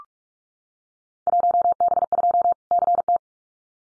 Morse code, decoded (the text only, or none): 1B2 CT